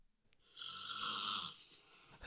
This is the girlfriend snoring. It's a lot more delicate.